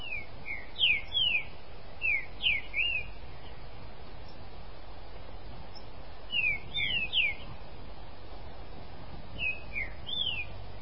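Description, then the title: Green-winged saltator giving clusters of quick, sweeping whistled notes in three separate phrases, with steady low background hum. "Trinca Ferro"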